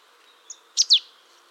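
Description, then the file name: Marsh tit call: two sharp, high notes sweeping steeply downward in quick succession, preceded by a faint short chip, over quiet background. "Poecile palustris"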